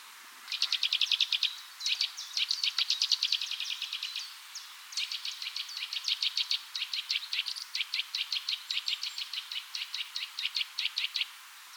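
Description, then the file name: Eurasian nuthatch: long runs of sharp, high, clipped notes repeated rapidly, in several bursts with brief pauses. "Sitta europaea"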